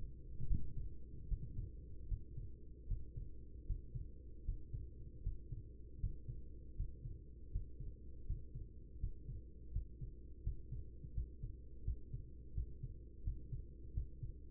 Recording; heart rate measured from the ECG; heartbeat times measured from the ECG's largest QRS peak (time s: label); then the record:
heart sounds by stethoscope; 80 bpm
0.46 s: heartbeat
1.27 s: heartbeat
2.07 s: heartbeat
2.86 s: heartbeat
3.65 s: heartbeat
4.44 s: heartbeat
5.21 s: heartbeat
5.98 s: heartbeat
6.75 s: heartbeat
7.50 s: heartbeat
8.25 s: heartbeat
8.98 s: heartbeat
9.71 s: heartbeat
10.42 s: heartbeat
11.12 s: heartbeat
11.83 s: heartbeat
12.53 s: heartbeat
13.22 s: heartbeat
13.92 s: heartbeat
From the record:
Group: healthy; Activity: Valsalva maneuver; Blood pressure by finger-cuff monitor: 101/79 mmHg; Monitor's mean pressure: 84 mmHg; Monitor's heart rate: 79 bpm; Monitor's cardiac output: 4.8 L/min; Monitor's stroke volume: 60 mL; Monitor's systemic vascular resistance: 1300 dyn s/cm5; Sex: female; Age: 43 years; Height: 160 cm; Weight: 90 kg